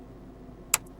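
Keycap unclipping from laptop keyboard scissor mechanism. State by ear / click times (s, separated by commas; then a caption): released / 0.7 s. A thin black plastic pry tool is slid under a MacBook keycap on its keyboard scissor mechanism and the key is lifted upward. A sharp click at 0.7 s marks one side of the plastic clip letting go, followed by a faint tick near 0.9 s over a low background hum. The keycap clip clicks loose and the key is released.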